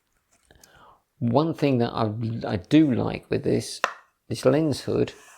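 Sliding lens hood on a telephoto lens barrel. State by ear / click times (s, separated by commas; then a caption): not seated / none. The built-in sliding lens hood on the barrel of an Olympus 300mm f4 Pro telephoto lens is handled, with a few faint, quiet ticks around 0.5–0.6 s. Then someone talks from about 1.2 s to the end. Nothing has seated or clicked yet, and the hood is not yet locked in place.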